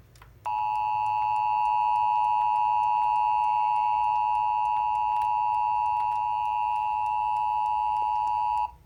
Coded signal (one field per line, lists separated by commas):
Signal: Emergency Alert System (SAME) tones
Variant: 853 and 960 Hz attention tone